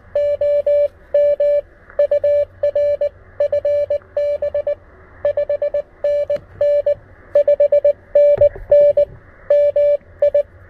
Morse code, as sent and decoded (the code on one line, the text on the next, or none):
--- -- / ..- .-. / ..-. -... / ..... -. -. / ..... -. -. / -- ..
OM UR FB 5NN 5NN MI